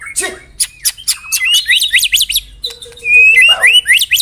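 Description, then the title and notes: White-rumped shama song: quick clicks and sharp notes building into rising, slurred whistles and a loud varied phrase. Lure (pikat) song of white-rumped shama. "Pikat Murai Batu. Burung Murai Batu"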